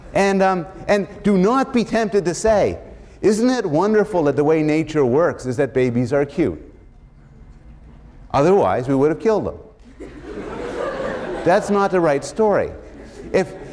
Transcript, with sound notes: And do not be tempted to say, it wonderful that the way nature works is that babies are cute? Otherwise we would have killed them.” [laughter] not the right story. If